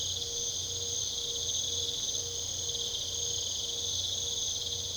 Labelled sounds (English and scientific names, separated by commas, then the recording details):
none
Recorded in pastures near Puerto Asís, Putumayo, Colombia, on 22 December 2024 at 23:00
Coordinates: 0.486, -76.323
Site GP01